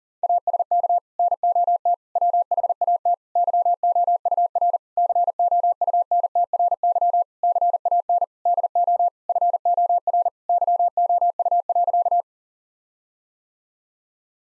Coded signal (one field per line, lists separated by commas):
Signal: Morse code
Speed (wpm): 40 wpm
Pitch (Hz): 700 Hz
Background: none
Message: ASK NOT WHAT YOUR COUNTRY CAN DO FOR YOU.